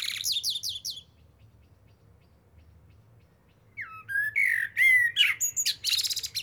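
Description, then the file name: Eurasian blackbird: a squeaky high twitter ends, a silent pause follows, then a new phrase of mellow, sliding whistles breaks into scratchy chatter. "Turdus merula"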